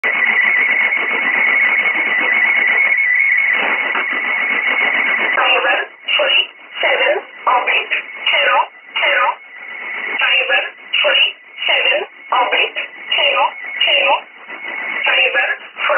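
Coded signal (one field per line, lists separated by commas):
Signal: numbers station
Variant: E11 Oblique, English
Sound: radio hiss with a warbling two-tone data signal, then evenly paced spoken words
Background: radio static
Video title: 08 11 2017 Numbers station E11 Oblique in English to Eu 0900 on 9446 unknown tx site in USB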